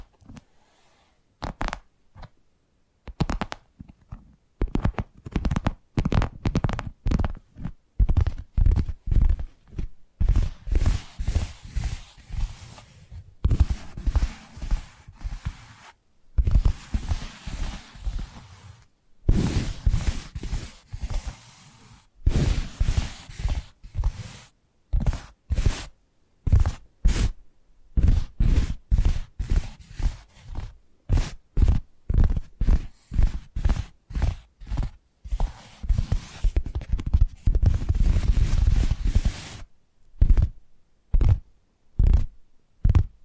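Tapping triggers: a long run of quick, sharp taps with short pauses between bursts, each tap a crisp click with a low thump underneath. The rhythm shifts every few seconds, sometimes rapid and dense, sometimes sparser, with brief near-silent gaps around 2, 16 and 40 seconds.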